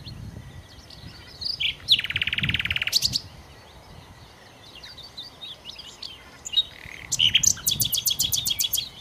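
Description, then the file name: Common nightingale singing in bursts: a fast harsh rattle, a pause with soft scattered notes, then a fresh series of quick repeated notes near the end. "Nachtigall"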